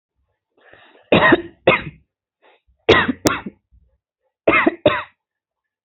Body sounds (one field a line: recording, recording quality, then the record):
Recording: heavy voluntary cough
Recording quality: excellent, no background noise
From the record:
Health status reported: healthy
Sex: female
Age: 29 years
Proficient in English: yes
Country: India